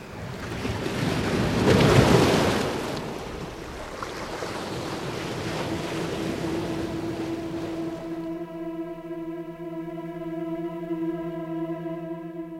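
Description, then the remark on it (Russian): Surf rushes and hisses in a steady wash at the seaside, swelling into one louder breaking wave early on, before a sustained, humming musical chord fades in over the lingering waves. “Но обещайте, что вы будете помнить этот день здесь, на взморье, пока я не вернусь уже доктором и не обращусь к вашему отцу насчет нас обоих.”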